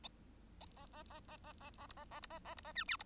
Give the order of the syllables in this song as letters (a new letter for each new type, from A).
A A A A A A A B A A B A A B A C D B